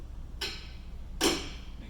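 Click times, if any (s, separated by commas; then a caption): 0.4 s. On a cardio machine, the seat is raised slightly, and its adjustment latch clicks into place in the seat rail at 0.4 s, a sharp bright click. A second, louder click follows at about 1.2 s over a low steady hum. The seat is locked in position.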